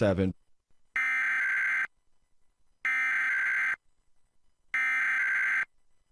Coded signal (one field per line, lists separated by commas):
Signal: Emergency Alert System (SAME) tones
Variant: header bursts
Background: speech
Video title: (EAS #119-123) Holly, jolly testing... at night~ (NC Required Monthly Tests from 12/13/2020)